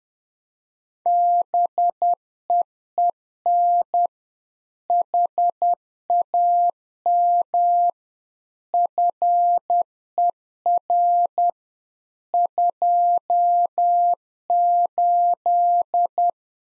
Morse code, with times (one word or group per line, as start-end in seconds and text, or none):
1.1-4.1 BEEN
4.9-7.9 HAM
8.7-11.5 FER
12.3-16.3 28